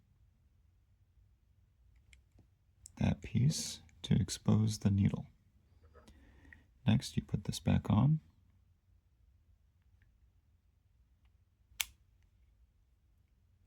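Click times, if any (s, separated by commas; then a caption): 11.8 s. Someone talks while a plastic cap is put back on the lancing device of a Contour Plus Blue glucometer kit and twisted. One sharp click at 11.8 s shows the cap is seated and secured on the lancing device.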